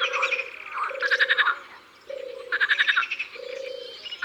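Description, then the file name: Marsh frog croaking in rapid pulsed, chuckling bursts about half a second long, alternating with steady low droning tones repeated throughout. Recorded in the Drôme, France. "Grenouilles rieuses Concerts Naturels de la Drome Studio les Trois Becs"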